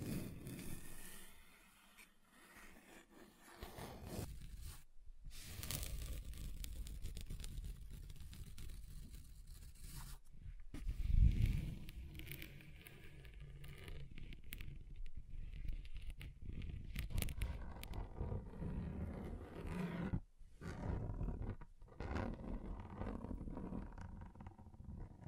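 Scratching across a table surface, a continuous rough rasping that shifts in texture and loudness as it moves over different materials. Short pauses break it near 5, 10 and 20 seconds, and a louder scrape stands out around 11 seconds. Low rumbling sits underneath throughout.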